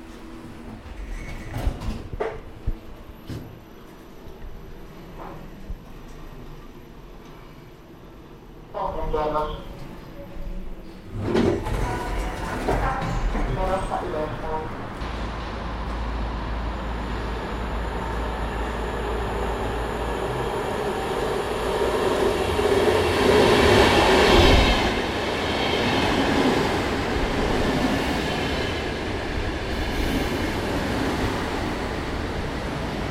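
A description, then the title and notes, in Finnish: A city soundscape opens fairly quiet, with scattered clicks, knocks and a few voices over a thin high whine. Around eleven seconds it thickens into dense rumbling traffic or rail noise with a low steady hum, swelling loudest near twenty-four seconds as something passes. Äänitarina: Kaupunki. Lähinnä Audacity ja Zoom -harjoitus.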